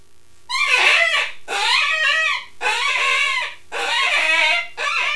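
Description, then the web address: Rabbit squealing calls, several long wavering cries of about a second each, separated by short pauses. "wild-game-downloads rabbits"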